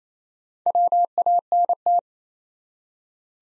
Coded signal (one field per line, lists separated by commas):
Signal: Morse code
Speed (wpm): 27 wpm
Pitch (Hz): 700 Hz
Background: none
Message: WANT